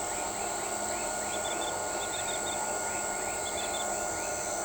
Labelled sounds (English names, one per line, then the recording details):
none
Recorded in shrubland near Pivijay, Magdalena, Colombia, on 15 April 2023 at 01:30
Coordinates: 10.453, -74.365
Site P5-G022